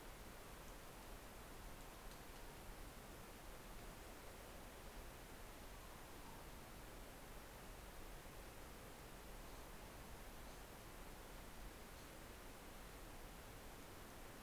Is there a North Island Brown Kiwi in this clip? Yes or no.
no